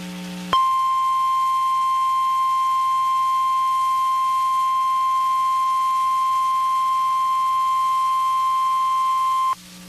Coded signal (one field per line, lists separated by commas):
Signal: Emergency Alert System (SAME) tones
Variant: 1050 Hz attention tone